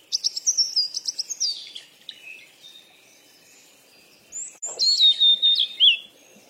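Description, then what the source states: Bird song: a rapid run of high chirps fades into soft twittering, then after a pause a loud burst of whistled notes. Birds playing.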